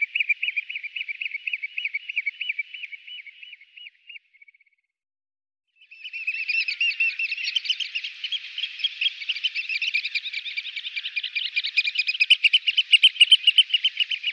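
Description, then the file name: Eurasian oystercatcher piping, a steady trill of shrill notes that pauses briefly, then resumes louder and denser. "scholekster"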